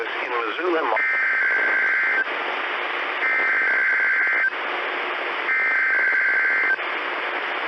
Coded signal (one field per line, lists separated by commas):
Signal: Emergency Alert System (SAME) tones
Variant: header bursts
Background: speech